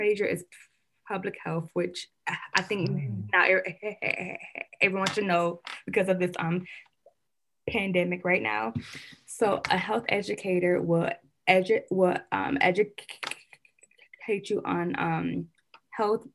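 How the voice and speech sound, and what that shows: An adult woman who stutters speaks quickly in short bursts with frequent pauses, stretched sounds and a broken part-word repetition with a filler in "educate" (edu-um-educ-ate). Her blocks increase with stress.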